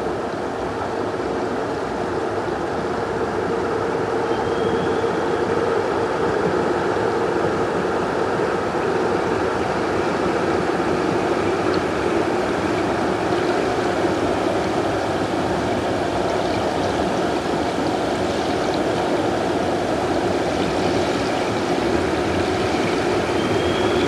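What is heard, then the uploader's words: An underwater soundscape of the Baltic Sea, filled with a steady, dense rumble and hiss that barely changes across the clip. A low, droning hum runs underneath, like a vessel's engine, and two faint rising chirps appear around five and twenty-three seconds. An artistic exploration of the underwater soundscape of the Baltic Sea in the Anthropocene era.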